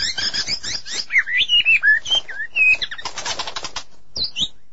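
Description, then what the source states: White-rumped shama song with rich, varied whistled phrases sliding up and down, a short dry rattle in the middle, then a final high chirp. Champion-quality shama; its song is described as melodious.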